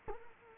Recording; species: mosquito wingbeat signal from an infrared sensor; Culex quinquefasciatus